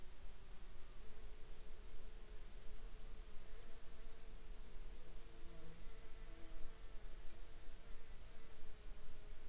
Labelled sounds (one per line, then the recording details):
insects
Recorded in the Arctic National Wildlife Refuge, Alaska, on 17 July 2019 at 00:57
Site 49